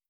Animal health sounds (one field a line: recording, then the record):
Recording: hydrophone in a shrimp aquaculture tank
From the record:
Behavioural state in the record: starved